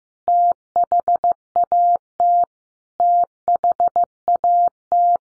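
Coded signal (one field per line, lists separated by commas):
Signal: Morse code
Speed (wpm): 15 wpm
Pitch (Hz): 700 Hz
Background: none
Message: THAT THAT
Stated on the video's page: Morse code practice at 15 wpm, five-word groups sent for head-copy.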